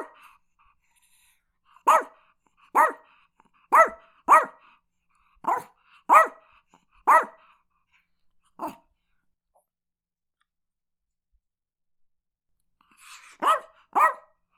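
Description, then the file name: Chihuahua giving a series of quick, high yaps, around eight barks in the first nine seconds, then a long silence before two final barks. "Chihuahua Barking"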